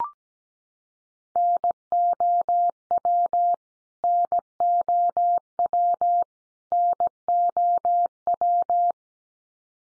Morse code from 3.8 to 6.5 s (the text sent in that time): NOW